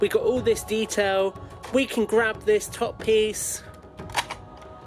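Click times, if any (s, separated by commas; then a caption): 4.3 s. Someone talks as the plastic top piece of a Hasbro GI Joe Rise of Cobra Steel Crusher A.P.V. toy vehicle is grabbed and slid along its track on the vehicle body. A short sliding rattle leads into a sharp click at 4.3 s as the piece seats into place.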